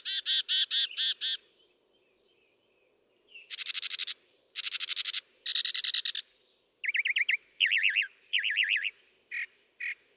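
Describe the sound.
Northern mockingbird song: a rapid series of rich notes, then harsh buzzy blocks repeated three times, then several warbled phrases.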